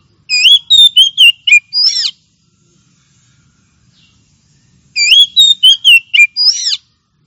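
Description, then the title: Oriental magpie-robin delivering a varied whistled phrase with rising and falling notes ending in a scratchy upslur, then repeating it after a pause of about three seconds. Champion-grade bird. "Kicau Burung Kacer Juara"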